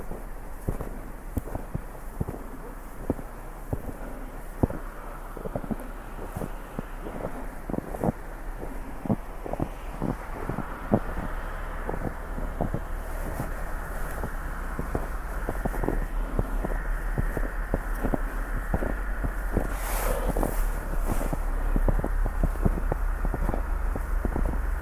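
Footsteps crunch steadily through snow over a constant rushing river, while gusty wind rumbles low and swells louder in the second half.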